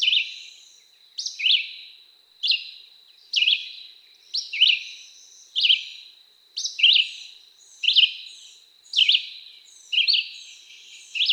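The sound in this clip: Red-eyed Vireo delivering a steady series of short whistled phrases, each slightly different, with a faint continuous high-pitched drone behind.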